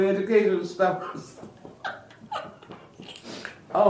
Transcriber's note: laughter